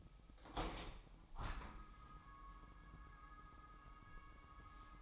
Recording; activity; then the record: daily activity, microphone in the room; open window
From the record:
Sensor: 1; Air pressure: 998.2 hPa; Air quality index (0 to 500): 138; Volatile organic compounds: 4 ppm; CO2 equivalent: 1646 ppm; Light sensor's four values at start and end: 16/55/22/22 and 16/54/22/22